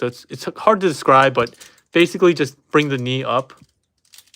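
Someone talks while handling the leg of a Fans Toys FT-46 Tesla 2.0 (Perceptor) transforming robot figure, bringing the knee up so the leg's tab can lock into the leg assembly. Speech fills most of the clip, followed by quiet with faint handling noise near the end. Nothing has seated or clicked yet.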